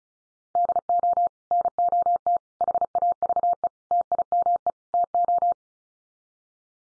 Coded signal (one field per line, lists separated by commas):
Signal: Morse code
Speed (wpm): 34 wpm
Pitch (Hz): 700 Hz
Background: none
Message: DO NOT HAVE TIME TO